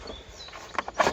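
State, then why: Not seated. A battery pack is being pushed into the battery bay of a Swift 120V cordless lawn mower. Over a low background, handling noises rise and a few sharp knocks come at 0.8, 0.9 and 1.2 seconds. The pack has not seated or clicked into place yet.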